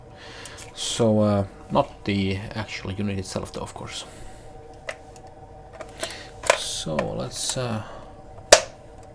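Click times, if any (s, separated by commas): 8.5 s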